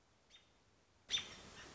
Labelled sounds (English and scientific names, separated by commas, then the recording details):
American Robin (Turdus migratorius)
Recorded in Sonoma County, California